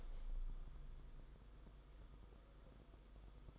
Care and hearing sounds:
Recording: daily activity, microphone in the room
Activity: open window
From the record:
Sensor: 5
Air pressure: 990.5 hPa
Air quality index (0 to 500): 164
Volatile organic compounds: 297 ppm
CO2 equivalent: 4474 ppm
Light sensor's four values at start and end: 17/39/16/17 and 17/39/16/18

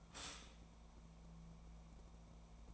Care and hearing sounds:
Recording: daily activity, microphone in the room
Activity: stop toaster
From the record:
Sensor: 1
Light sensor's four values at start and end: 30/76/32/38 and 30/76/32/38

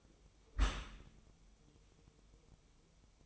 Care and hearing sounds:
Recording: daily activity, microphone in the room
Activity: close dishwasher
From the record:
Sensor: 1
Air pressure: 1004.7 hPa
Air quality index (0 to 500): 112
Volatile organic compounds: 4 ppm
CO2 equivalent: 1541 ppm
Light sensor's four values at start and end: 9/22/8/9 and 9/22/8/9

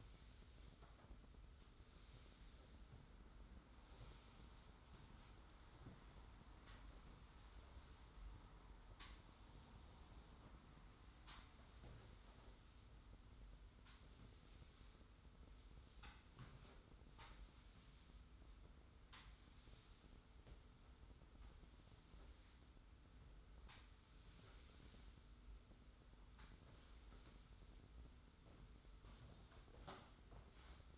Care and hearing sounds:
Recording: daily activity, microphone in the room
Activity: sweep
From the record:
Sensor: 3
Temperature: 25.5 degrees Celsius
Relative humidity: 40.5%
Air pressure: 991.3 hPa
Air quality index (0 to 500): 141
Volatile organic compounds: 321 ppm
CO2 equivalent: 4526 ppm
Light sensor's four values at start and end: 53/143/59/52 and 53/144/59/52

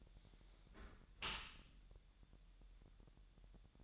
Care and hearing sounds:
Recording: daily activity, microphone in the room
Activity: close dishwasher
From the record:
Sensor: 3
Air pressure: 1000.6 hPa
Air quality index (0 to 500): 248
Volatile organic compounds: 173 ppm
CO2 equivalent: 4118 ppm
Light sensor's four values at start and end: 11/25/10/10 and 11/25/10/10

